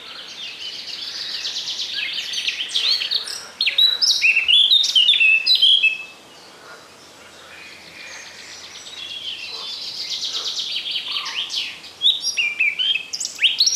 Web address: Przyroda Ptaki Kapturka